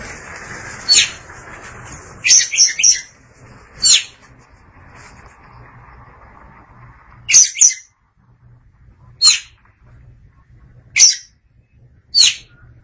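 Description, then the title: Oriental magpie-robin song: sharp high notes and short bursts of rapid chattering phrases, separated by pauses. Kacer song. "Suara Kicauan Burung Kacer"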